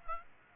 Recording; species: mosquito wingbeat signal from an infrared sensor; Aedes aegypti